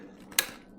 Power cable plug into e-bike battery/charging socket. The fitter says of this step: that click did you hear that click